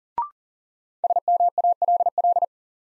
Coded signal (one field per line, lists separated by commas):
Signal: Morse code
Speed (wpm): 40 wpm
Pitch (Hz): 700 Hz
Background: none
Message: SMALL